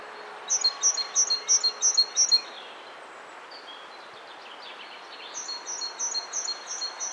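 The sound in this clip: Great tit giving bright, ringing two-note phrases, about three per second, in two bursts separated by a quieter gap with a few faint notes.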